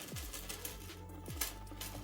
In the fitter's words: All right, seems to be secured in place.